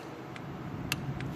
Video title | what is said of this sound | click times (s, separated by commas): Car servicing | it or you get a little click talk when she's telling you that it's tight enough don't | 0.9 s